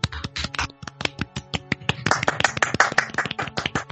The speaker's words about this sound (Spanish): Un aplauso, por favor.